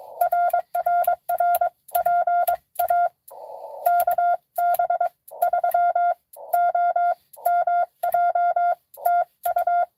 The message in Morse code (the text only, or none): RRR PA KB3OMJ TU